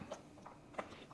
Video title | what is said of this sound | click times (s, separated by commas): Ninja Creami Protein Ice Cream | you want to hear it click. | 0.8 s